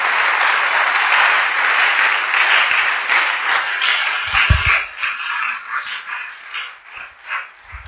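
An audience applauds and cheers in a dense, steady wash of clapping that gradually thins into uneven, pulsing bursts with scattered shouts of acclamation.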